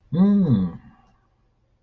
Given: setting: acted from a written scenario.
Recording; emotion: vocal sound without words; realization